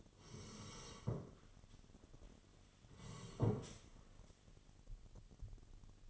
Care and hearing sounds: daily activity, microphone in the room; sit down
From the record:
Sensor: 4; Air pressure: 1016.1 hPa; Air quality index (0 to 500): 167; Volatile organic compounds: 6 ppm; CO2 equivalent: 1899 ppm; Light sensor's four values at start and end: 9/20/8/7 and 9/20/8/7

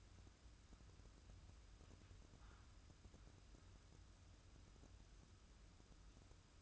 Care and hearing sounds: daily activity, microphone in the room; wipe stove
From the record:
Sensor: 2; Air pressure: 994.3 hPa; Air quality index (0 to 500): 214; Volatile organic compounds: 1000 ppm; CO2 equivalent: 7078 ppm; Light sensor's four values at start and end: 134/319/135/139 and 135/321/136/140

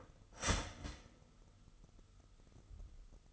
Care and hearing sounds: daily activity, microphone in the room; start toaster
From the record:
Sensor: 4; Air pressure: 989.4 hPa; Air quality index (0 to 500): 216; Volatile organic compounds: 68 ppm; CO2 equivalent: 3498 ppm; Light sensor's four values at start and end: 24/85/31/33 and 24/85/31/33

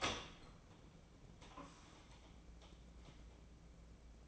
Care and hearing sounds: daily activity, microphone in the room; open door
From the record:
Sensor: 1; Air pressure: 1012.3 hPa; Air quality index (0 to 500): 164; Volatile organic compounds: 3 ppm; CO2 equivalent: 1349 ppm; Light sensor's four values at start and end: 779/1670/787/889 and 781/1671/789/891

